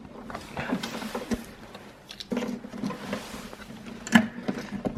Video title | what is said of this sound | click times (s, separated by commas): Volvo v50 How to Replace Position Light Bulb (front) | As you heard the clicking noise, and that's how you change the position light. | 4.2 s